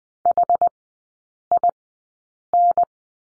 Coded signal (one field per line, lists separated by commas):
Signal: Morse code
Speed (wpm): 20 wpm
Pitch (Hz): 700 Hz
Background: none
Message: HIN